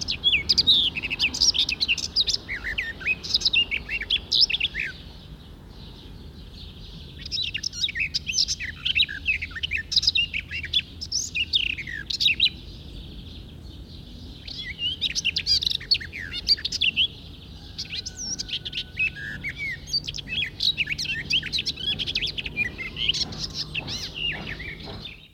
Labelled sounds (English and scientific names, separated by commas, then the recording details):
Garden Warbler (Sylvia borin) song
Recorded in the wild
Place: Bergen, Insel Rügen, Mecklenburg-Vorpommern, DE
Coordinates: 54.4135, 13.432
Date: 1969-07-10
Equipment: Nagra III BH, Sennheiser MD 21, parabola
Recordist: Schubert, Michael
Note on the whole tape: Gartenstr. 21 : Gesang Gartengrasmücke